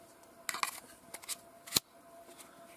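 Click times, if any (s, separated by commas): 1.8 s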